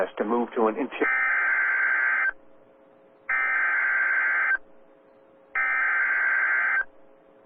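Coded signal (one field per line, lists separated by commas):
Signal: Emergency Alert System (SAME) tones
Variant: header bursts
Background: speech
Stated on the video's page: Severe Thunderstorm Warning SAME tones broadcast on NOAA Weather Radio transmitter WXL57, Des Moines.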